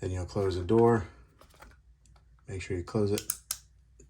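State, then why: Seated. Someone talks while the plastic battery and SD card compartment door on an Insta360 X3 360 camera body is pressed closed. Two sharp clicks at 3.5 s and 4.0 s mark both clips latching, and the door is seated shut.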